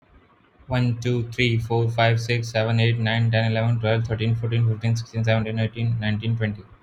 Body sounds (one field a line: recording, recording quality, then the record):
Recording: counting at a fast pace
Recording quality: excellent, no background noise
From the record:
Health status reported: healthy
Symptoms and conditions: none ticked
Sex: male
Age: 31 years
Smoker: not ticked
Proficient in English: yes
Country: India